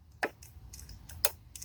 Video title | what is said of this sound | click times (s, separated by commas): Diagnose the hesitation and engine noise part 4 | snap there you go we're in then now the clutch assembly is on and done okay | 1.2 s